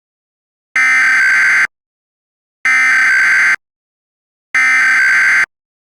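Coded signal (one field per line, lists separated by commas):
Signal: Emergency Alert System (SAME) tones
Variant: header bursts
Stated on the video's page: Mock EAS alert tones, a fictional recreation.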